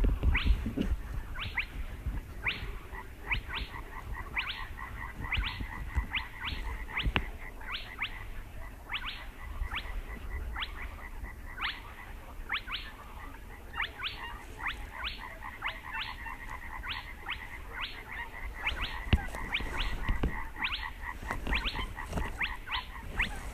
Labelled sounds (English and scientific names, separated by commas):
Spotted Crake (Porzana porzana)